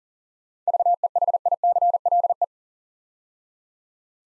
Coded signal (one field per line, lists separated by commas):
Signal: Morse code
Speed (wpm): 39 wpm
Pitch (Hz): 700 Hz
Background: none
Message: VEHICLE